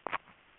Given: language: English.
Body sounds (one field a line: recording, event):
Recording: throat vibration sensor signal played as sound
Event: swallow